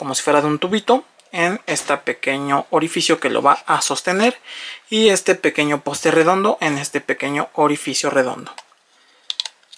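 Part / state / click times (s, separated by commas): tail part pegs into robot figure body / seated / 9.3 s, 9.4 s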